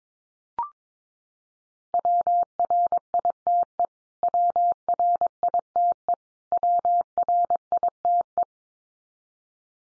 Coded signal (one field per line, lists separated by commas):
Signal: Morse code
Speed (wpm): 22 wpm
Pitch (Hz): 700 Hz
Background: none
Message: WRITE WRITE WRITE